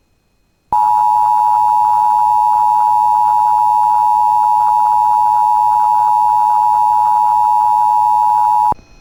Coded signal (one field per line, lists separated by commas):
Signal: Emergency Alert System (SAME) tones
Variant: 853 and 960 Hz attention tone